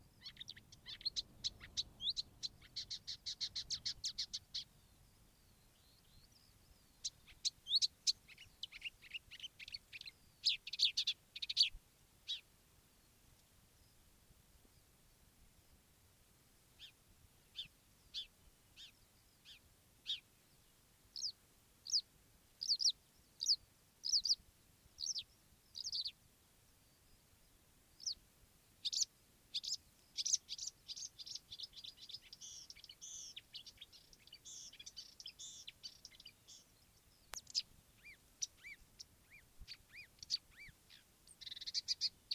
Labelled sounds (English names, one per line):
Marsh Warbler